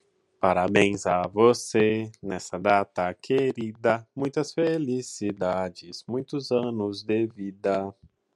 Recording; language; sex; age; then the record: short text; Brazilian Portuguese; male; 30 to 39 years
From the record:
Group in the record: control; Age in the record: 33 years